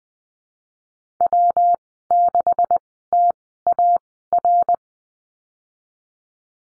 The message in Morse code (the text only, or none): W6TAR